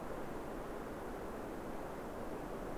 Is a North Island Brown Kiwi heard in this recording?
no